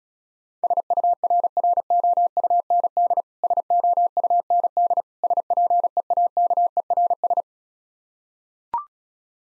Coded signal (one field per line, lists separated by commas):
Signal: Morse code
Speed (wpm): 36 wpm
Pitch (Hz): 700 Hz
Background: none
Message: SURROUND SOUND SPEAKERS